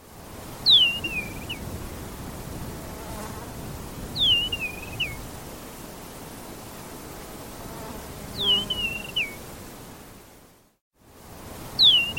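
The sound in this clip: Bird: repeated thin whistled call, a sharp downward slide into a wavering tail, given four times at spaced intervals above rumbling noise.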